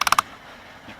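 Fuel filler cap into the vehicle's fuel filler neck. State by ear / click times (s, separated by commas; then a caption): torque reached / 0.0 s, 0.1 s, 0.2 s. An original-equipment fuel filler cap is screwed into a vehicle's fuel filler neck and turned until its ratchet clutch clicks. A quick series of four sharp ratchet clicks is heard at 0.0, 0.1, 0.1 and 0.2 seconds, followed by quiet. The cap is tightened to its torque point.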